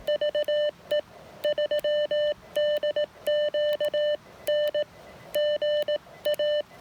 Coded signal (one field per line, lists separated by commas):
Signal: Morse code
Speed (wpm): 18 wpm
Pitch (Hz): 590 Hz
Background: none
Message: VE3DQN GA